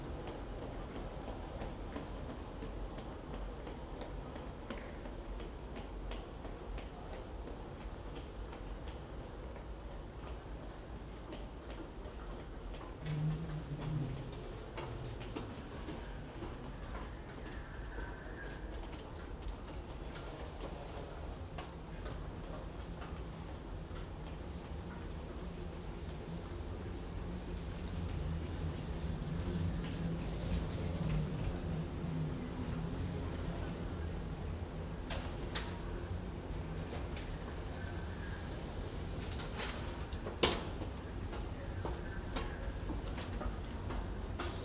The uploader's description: A Travelator in Heathrow Airport - Terminal 3